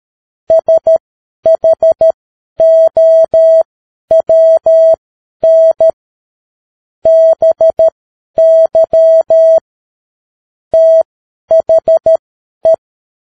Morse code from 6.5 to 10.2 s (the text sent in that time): BY